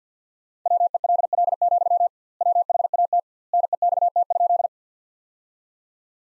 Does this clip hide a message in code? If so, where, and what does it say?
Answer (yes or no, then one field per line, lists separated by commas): yes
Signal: Morse code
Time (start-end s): 0.7-4.7 s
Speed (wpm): 50 wpm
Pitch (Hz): 700 Hz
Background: none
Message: WELL, WHAT NEXT?